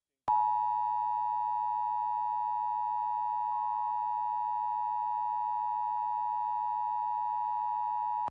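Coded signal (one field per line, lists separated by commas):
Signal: Emergency Alert System (SAME) tones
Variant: 853 and 960 Hz attention tone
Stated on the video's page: Arizona Law Enforcement Warning alert of the Emergency Alert System, caught on television subchannels.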